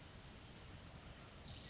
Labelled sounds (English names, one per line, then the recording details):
California Towhee
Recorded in Sonoma County, California